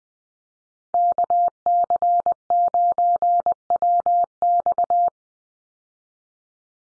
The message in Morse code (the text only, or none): KC9WX